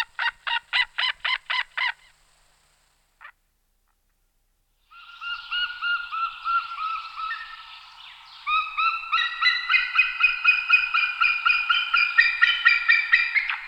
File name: Orel morsky Haliaetus albicilla